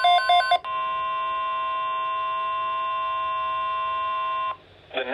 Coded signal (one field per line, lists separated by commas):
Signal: Emergency Alert System (SAME) tones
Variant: 1050 Hz attention tone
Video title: EAS Alerts and Weather Footage from Slight Risk Day! (EAS #11-14)